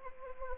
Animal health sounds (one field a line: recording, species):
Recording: mosquito wingbeat signal from an infrared sensor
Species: Anopheles gambiae